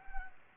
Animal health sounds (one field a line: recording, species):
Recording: mosquito wingbeat signal from an infrared sensor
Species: Anopheles gambiae